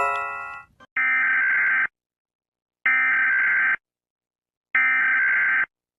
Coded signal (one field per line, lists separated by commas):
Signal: Emergency Alert System (SAME) tones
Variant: header bursts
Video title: flag eas